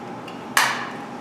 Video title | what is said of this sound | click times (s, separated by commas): Adam Bianco Everything You Need to Know About Facebook, Instagram and Linkedin in 2018 | Just slip back on, it should click in. | 0.6 s